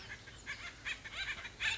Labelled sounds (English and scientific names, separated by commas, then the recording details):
Pacific Wren (Troglodytes pacificus)
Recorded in Sonoma County, California